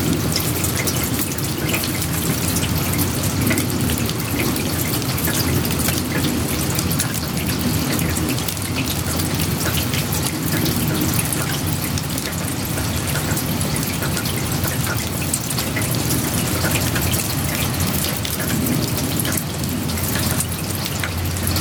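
Rain falls steadily on a barn in a small woodland village, a dense, even patter with no pauses across the whole stretch. Fine bright drips crackle over a fuller low drumming, likely water striking the roof and running off.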